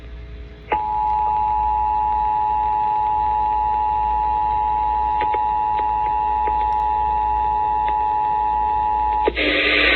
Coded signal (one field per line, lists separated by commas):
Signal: Emergency Alert System (SAME) tones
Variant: 853 and 960 Hz attention tone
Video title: OH BOY NOT AGAIN NORTH CAROLINA - NC AMBER Alert (05/12/2022) - EAS #70